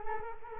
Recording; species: mosquito wingbeat signal from an infrared sensor; Culex quinquefasciatus